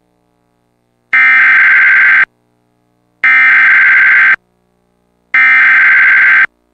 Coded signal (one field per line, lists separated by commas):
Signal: Emergency Alert System (SAME) tones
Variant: header bursts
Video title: Tornado Warning (EAS #340)